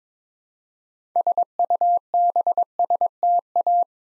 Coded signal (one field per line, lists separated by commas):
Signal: Morse code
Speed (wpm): 22 wpm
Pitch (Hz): 700 Hz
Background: none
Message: SUBSTA